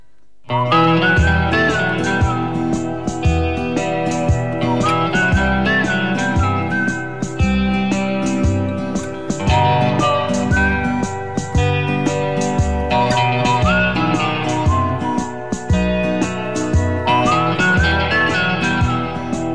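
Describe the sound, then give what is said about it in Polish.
A whistled melody rides over a full, steady band backing, its high, wavering phrases recurring every few seconds above a driving beat, with no singing voice. “taka właśnie gwizdałka”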